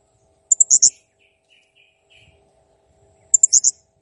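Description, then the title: Blue-crowned hanging parrot chirps: two rapid bursts of three or four shrill, very high squeaks, about three seconds apart, with faint lower twittering between. Training recording used to teach songbirds to sing (masteran), described as a clear, vocally active bird. "Masteran Burung Serindit Ll Masteran Serindit Gacor Jernih"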